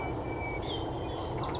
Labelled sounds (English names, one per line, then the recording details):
Cassin's Vireo
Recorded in Sonoma County, California